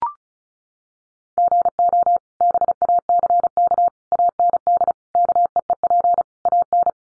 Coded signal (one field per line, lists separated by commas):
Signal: Morse code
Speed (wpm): 34 wpm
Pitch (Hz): 700 Hz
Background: none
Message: GO BACK AND KEEP AN